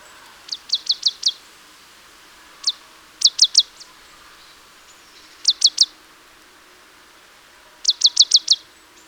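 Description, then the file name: Marsh tit calls: short bursts of three to five sharp, high, rapid notes, repeated every two to three seconds over a quiet background. "Poecile palustris"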